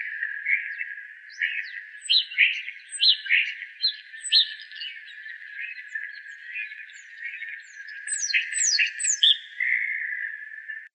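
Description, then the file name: Common starling song: a varied jumble of squawks, clicks and short whistled notes, with thin high slurred whistles near the end. "Estornino pinto"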